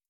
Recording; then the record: hydrophone in a shrimp aquaculture tank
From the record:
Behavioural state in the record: feeding